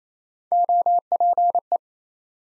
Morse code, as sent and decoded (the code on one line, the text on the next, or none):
--- .--. .
OPE